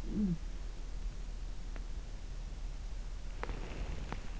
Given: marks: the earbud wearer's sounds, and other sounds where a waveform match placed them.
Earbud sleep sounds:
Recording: sounds in sleep by an in-ear microphone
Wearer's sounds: talking in sleep, teeth grinding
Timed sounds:
0.00-0.53 s: talking in sleep
3.27-3.95 s: teeth grinding

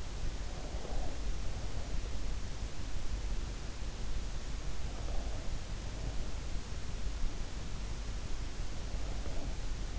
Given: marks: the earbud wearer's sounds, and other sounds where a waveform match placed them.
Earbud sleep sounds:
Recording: sounds in sleep by an in-ear microphone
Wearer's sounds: breath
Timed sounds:
0.00-2.22 s: breath

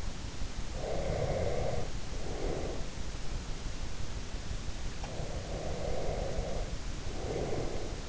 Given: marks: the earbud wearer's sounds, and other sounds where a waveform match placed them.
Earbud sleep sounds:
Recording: sounds in sleep by an in-ear microphone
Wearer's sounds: breath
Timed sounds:
0.61-3.15 s: breath
5.30-8.09 s: breath

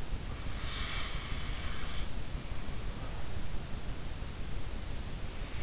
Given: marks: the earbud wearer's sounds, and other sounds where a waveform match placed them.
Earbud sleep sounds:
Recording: sounds in sleep by an in-ear microphone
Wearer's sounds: breath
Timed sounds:
0.44-2.93 s: breath

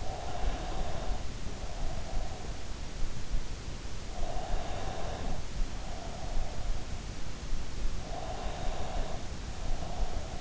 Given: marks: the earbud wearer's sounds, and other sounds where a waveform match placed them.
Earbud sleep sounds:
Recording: sounds in sleep by an in-ear microphone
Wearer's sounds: breath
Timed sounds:
0.00-2.52 s: breath
4.18-6.64 s: breath
8.14-10.41 s: breath

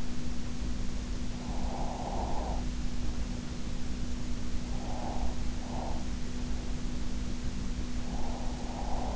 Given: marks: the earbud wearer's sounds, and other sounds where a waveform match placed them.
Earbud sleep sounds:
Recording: sounds in sleep by an in-ear microphone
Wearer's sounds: breath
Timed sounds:
1.34-2.67 s: breath
4.73-6.07 s: breath
8.12-9.16 s: breath

